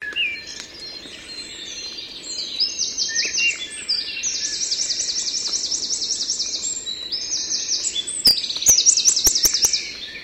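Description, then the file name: Eurasian wren singing a long, high, energetic run of quick chattering notes and buzzy trills, with faint background hiss and clicks. "Troglodytes troglodytes"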